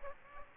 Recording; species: mosquito wingbeat signal from an infrared sensor; Aedes aegypti